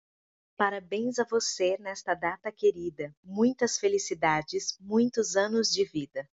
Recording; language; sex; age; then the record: short text; Brazilian Portuguese; female; 30 to 39 years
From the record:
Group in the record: control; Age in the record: 39 years